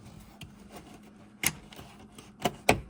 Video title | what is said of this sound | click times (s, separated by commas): How to Replace a Sun Visor on a 2005-2015 Toyota Tacoma - Step-by-Step DIY | And then cover plate. Snaps | 2.7 s